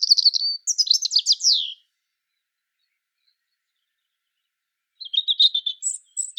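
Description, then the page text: European robin song, two high tinkling warbled phrases with trills and thin notes, separated by about three seconds of silence, on a clean background. "Птицы-целители - Зарянка (Erithacus rubecula)"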